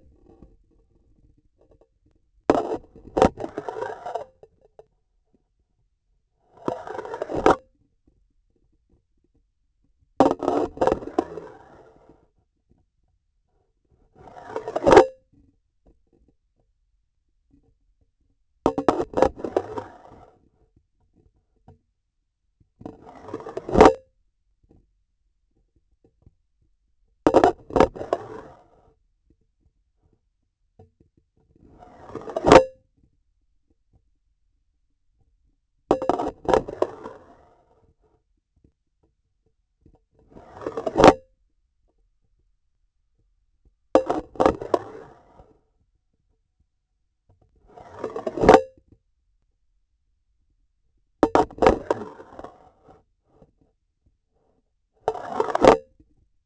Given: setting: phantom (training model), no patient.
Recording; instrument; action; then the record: laparoscopic instrument, vibration sensor on the handle end; grasping forceps; insertion and removal through the trocar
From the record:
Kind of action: spatial motion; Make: Olympus